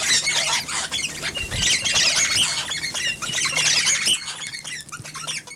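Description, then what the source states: Rosellas in shrill overlapping squeaks and chattering notes, dense at first then thinning toward the end. Rosellas feeding.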